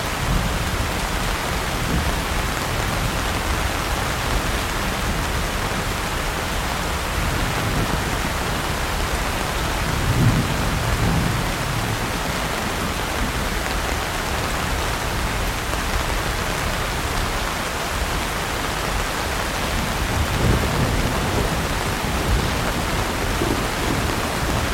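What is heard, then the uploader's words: Steady, dense rain hisses evenly across the whole clip, bright with no letup. Low rumbles of thunder swell faintly underneath, with slightly stronger surges around ten seconds and again near twenty seconds. RAIN & THUNDERSTORM FOR SLEEP.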